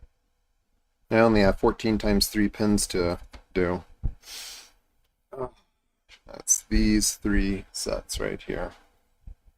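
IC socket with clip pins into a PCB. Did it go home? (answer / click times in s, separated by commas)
no / none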